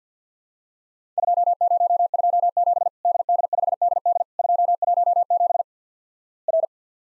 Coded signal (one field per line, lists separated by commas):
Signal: Morse code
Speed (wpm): 50 wpm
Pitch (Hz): 700 Hz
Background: none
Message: 2027 DD5DD 217 R